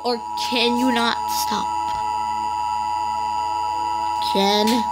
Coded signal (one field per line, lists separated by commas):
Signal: Emergency Alert System (SAME) tones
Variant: 853 and 960 Hz attention tone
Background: speech